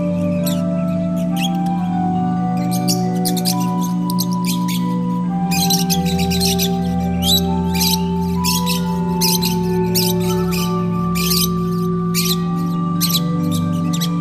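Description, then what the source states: Lovebird chatter, harsh high chirps and squeaks crowding together, over a low steady hum. Lovebirds, used for audio therapy.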